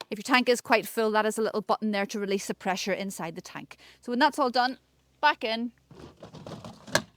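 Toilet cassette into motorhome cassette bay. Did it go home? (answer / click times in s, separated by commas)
yes / 6.9 s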